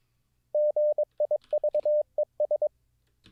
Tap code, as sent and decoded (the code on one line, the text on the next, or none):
none